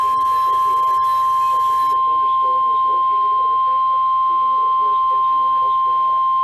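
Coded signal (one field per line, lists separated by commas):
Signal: Emergency Alert System (SAME) tones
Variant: 1050 Hz attention tone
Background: speech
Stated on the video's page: SAME tones for Severe Thunderstorm Warnings on NOAA weather radio.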